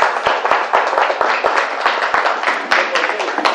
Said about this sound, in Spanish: ¿Y las abuelas no son mamás? Pónganse de pie si son doblemente mamá. Sí, bueno, un aplauso a ellas también, por favor.